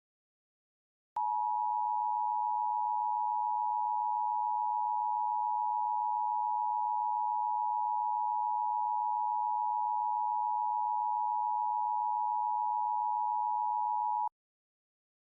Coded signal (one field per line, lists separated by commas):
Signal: Emergency Alert System (SAME) tones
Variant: 853 and 960 Hz attention tone